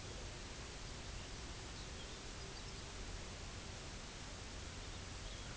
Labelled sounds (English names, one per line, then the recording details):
unidentified sound
Pectoral Sandpiper
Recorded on Arctic tundra, site UTQI-0, on 16 June 2019
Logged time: 12:00